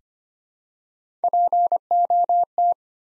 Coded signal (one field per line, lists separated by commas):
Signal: Morse code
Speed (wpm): 25 wpm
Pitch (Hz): 700 Hz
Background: none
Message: POT